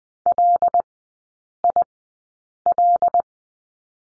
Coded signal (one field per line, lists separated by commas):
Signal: Morse code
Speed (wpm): 20 wpm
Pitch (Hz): 700 Hz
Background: none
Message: LIL